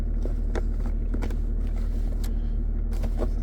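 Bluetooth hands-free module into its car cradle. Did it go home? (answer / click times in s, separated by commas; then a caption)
yes / 2.2 s. A hands-free Bluetooth module for a Mercedes W211 is pressed into its cradle in the car. Several small knocks are heard over a steady low hum, ending in a final sharp snap at 2.2 s as the module seats in place. Its status lamp then starts blinking.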